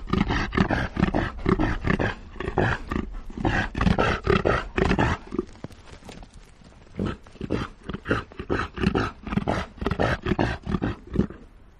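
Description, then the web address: Reindeer roar: a long series of harsh, throaty grunts, about two per second, with a brief quieter pause near the middle before the grunting picks up again. "tonakaino pao xiao"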